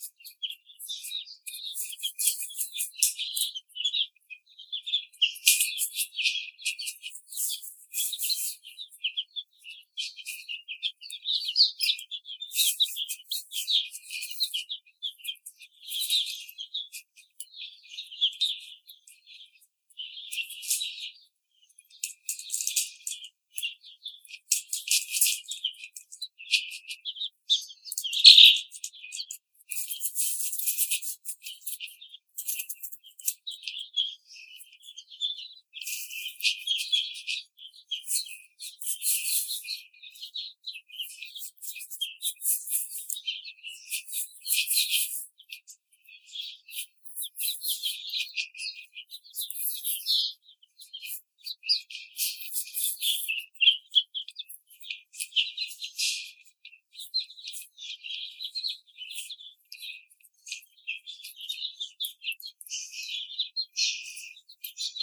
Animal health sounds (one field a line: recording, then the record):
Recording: young laying hens in a cage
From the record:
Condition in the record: treatment cage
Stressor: simulated dog barking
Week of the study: 5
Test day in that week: 1